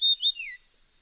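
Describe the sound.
Dusky fulvetta with a brief high whistle, two bright notes followed by a downward-sliding tail, then silence.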